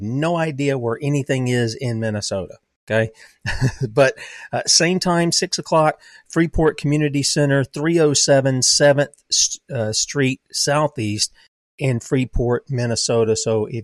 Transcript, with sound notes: I have no idea where anything is in Minnesota, okay? (laughs) But, uh, same time, six o'clock, Freeport Community Center, 307 7th, uh, Street Southeast in Freeport, Minnesota.